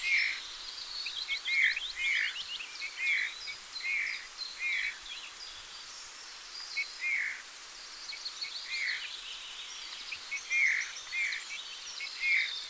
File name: Pyrrhula pyrrhula